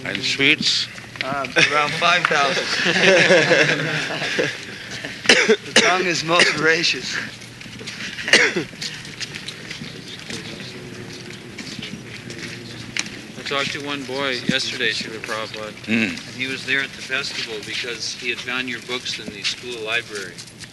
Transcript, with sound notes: And sweets?
Oh, around five thousand. [laughter] The tongue is most voracious.
I talked to one boy yesterday, Śrīla Prabhupāda, and he was there at the festival because he had found your books in the school library.